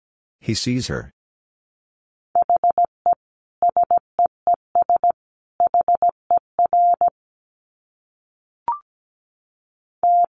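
Morse code tapped out as a steady mid-pitched beep, short dits grouped into quick bursts with a few longer dashes, running from about two to seven seconds. A brief rustling noise opens the clip, a tiny click sounds near nine seconds, and another tone starts at the end.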